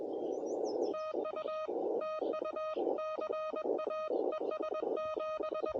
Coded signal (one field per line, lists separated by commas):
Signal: Morse code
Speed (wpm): 21 wpm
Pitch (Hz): 1250 Hz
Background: none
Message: TU TU CA ES7